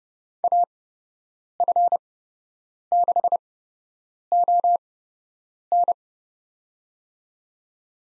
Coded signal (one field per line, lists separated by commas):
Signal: Morse code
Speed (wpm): 30 wpm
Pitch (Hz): 700 Hz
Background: none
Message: AF6ON